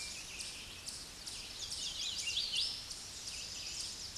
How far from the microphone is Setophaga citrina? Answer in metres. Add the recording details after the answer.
about 20 m. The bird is about 10 m above the microphone. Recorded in a Pennsylvania forest on 16 May 2024 at 08:16. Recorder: AudioMoth, point MSD-2478. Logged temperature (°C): 15.6 °C. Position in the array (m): 55 m, 173 m